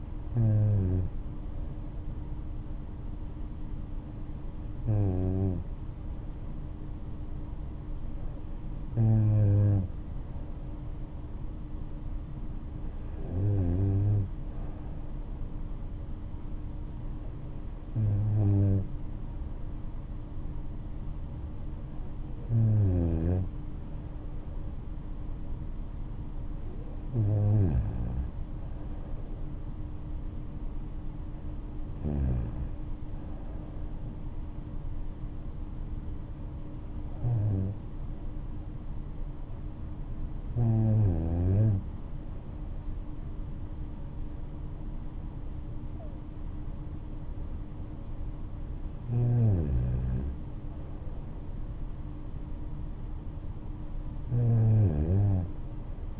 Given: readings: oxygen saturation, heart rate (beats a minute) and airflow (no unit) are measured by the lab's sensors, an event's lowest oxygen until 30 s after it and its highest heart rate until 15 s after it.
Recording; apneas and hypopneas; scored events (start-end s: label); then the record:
breathing in sleep by a smartphone at the bedside; none
41.00-56.19 s: new sleep stage, N3 (deep sleep)
From the record:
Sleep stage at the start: N2 (light sleep); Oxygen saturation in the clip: 94 to 95%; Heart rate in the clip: 58 to 72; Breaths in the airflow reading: 13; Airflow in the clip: -6.1 to 7.9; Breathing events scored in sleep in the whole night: 228 in 5.4 hours asleep